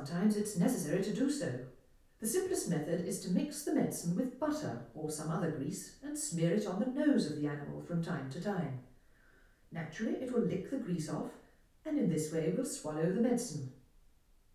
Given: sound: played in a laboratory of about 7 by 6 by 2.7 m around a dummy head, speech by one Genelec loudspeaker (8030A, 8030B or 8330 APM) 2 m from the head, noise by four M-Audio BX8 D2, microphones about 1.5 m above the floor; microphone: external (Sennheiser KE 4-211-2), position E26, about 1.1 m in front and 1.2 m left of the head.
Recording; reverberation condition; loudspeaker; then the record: female speech in English; medium; 120 degrees to the right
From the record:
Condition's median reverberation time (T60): about 510 ms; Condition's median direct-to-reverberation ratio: about -0.5 dB